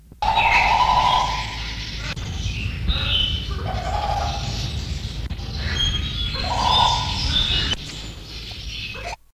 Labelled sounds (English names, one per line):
Western Plantain-eater call